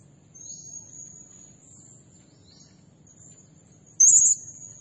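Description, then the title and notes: Blue-crowned hanging parrot: faint thin high whistles, then one sudden shrill, rapidly trilled burst near the end, over low hum. Lure and training recording of energetic, continuously singing ('nembak gacor') blue-crowned hanging parrot, used to provoke other birds and as a bird-trapping lure. "Burung Serindit Nembak Gacor Bikin Emosi Semua Burung. Suara Nasteran Dan Pemikat Burung Serinditan Gacor"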